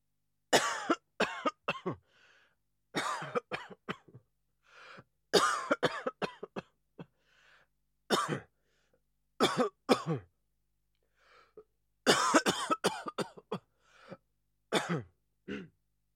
Man coughing.